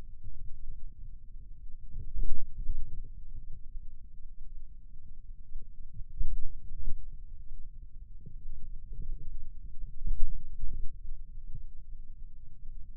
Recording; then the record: forearm muscle sounds (acoustic myography)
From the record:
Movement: ulnar deviation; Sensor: system 2, bracelet of six BSWA MPA416 microphones around the upper forearm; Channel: 2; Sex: male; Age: 22 years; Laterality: right